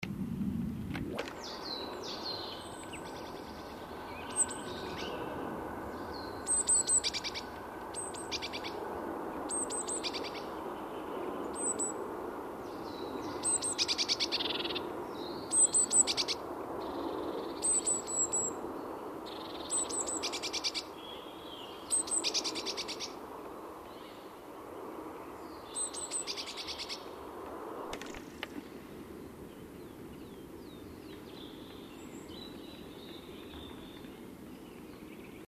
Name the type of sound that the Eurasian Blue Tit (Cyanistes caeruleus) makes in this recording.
call